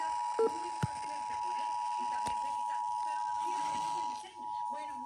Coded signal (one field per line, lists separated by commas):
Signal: Emergency Alert System (SAME) tones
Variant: 853 and 960 Hz attention tone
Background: speech